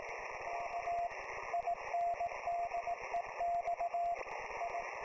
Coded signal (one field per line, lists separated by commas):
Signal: Morse code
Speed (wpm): 18 wpm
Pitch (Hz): 690 Hz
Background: radio noise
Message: A INDEX I